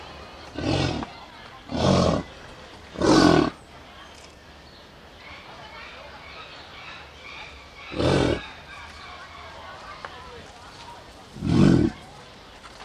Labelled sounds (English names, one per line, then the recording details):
American Bison call
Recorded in captivity
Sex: male
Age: adult
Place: Zoo Berlin, Berlin, DE
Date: 1989-07-17
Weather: partly sunny, 12-16°C
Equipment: Sony WM-D6C, Kopie Tesla B 116
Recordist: Tembrock, Günter
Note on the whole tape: Starke Laute eines einzelnen Männchen